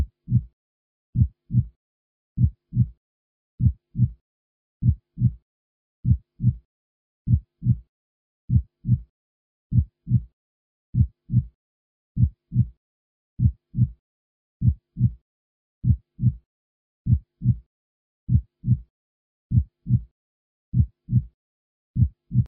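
Deep, powerful paired thumps repeat steadily at about 49 beats a minute, each beat a lub followed closely by a dub. The rhythm is regular and slow, with no background noise. A real adult heartbeat.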